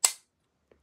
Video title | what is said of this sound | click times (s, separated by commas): My favorite GoPro mount for skiing! Handlebar/seatpost/pole Mount #shorts #shortsvideo | once you know it's secure you're gonna hear it pop like that that Big | 0.1 s